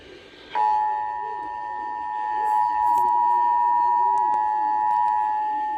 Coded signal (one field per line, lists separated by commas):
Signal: Emergency Alert System (SAME) tones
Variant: 853 and 960 Hz attention tone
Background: speech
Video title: (EAS) National Periodic Test (MY 1ST EVER PERIODIC TEST FOR 2021)